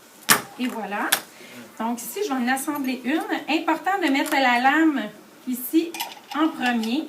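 A plastic part is pushed into the body of a plastic Tupperware Maître Saveurs kitchen tool and snaps into place with a sharp click at 0.3 s, followed by another short hard knock near 1.1 s. Someone talks throughout. The part is seated.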